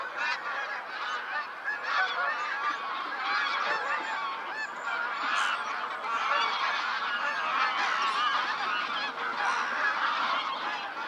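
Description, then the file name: Goose: geese calling together, a thick continuous wall of honks and cackles from many birds, evenly loud from start to finish. Geese in flight. "freesound Flying geese"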